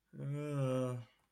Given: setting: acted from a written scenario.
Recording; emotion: vocal sound without words; guilt